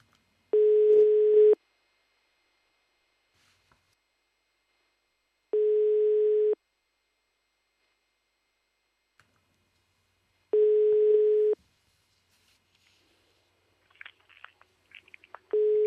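A telephone answering machine line tone sounds three times, each a steady buzzy beep lasting about a second, evenly spaced several seconds apart, followed by faint clicks and rustles.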